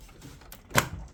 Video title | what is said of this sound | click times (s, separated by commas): How to Build a Computer Complete PC Build Tutorial | Oh. There you go. There you go. You hear a click. | 0.8 s